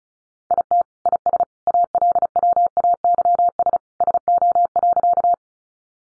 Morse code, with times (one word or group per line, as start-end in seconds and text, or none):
0.5-0.8 IT
1.1-1.4 IS
1.7-3.8 ALWAYS
4.0-5.3 SO.